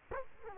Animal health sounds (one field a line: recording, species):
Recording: mosquito wingbeat signal from an infrared sensor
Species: Culex quinquefasciatus